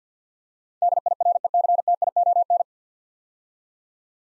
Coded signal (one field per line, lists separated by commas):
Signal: Morse code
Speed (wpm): 52 wpm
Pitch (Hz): 700 Hz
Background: none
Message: DIRECTION